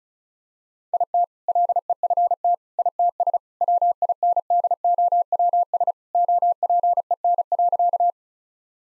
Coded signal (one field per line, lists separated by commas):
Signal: Morse code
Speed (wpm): 34 wpm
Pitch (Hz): 700 Hz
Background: none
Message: IT LEFT ITS WINDOWS OPEN.